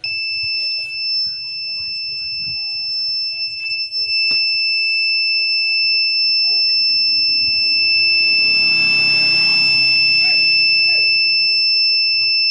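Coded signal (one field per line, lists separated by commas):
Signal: beep code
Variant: Polytron Zeromatic washing machine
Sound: one continuous high-pitched beep lasting the whole clip, over room noise and faint voice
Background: room noise, faint speech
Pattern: 1 long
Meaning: Error: one continuous long beep at power-up, no buttons respond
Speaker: kalau kita tombol power tombol powernya powernya debitnya akan berbunyi panjang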